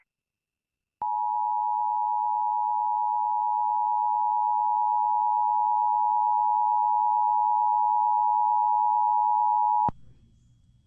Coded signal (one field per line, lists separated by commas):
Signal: Emergency Alert System (SAME) tones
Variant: 853 and 960 Hz attention tone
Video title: Severe Weather Outbreak: EAS Alerts from Oct 24, 2025 on NOAA Weather Radio station KEC55 and WBAP